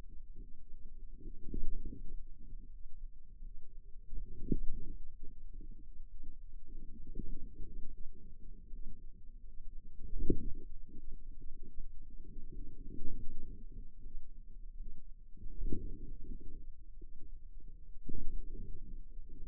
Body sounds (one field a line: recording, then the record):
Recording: forearm muscle sounds (acoustic myography)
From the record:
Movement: radial deviation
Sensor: system 2, bracelet of six BSWA MPA416 microphones around the upper forearm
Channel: 3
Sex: female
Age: 23 years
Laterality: right